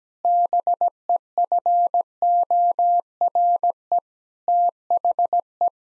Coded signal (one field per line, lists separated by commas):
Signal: Morse code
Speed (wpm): 17 wpm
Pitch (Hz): 700 Hz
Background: none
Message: BEFORE THE